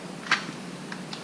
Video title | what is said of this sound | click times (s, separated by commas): Stealth Cam DS4K Review - Dual Sensor - Setup and Footage | has a nice little rubber gasket all the way around so you can seal it up locks | 0.3 s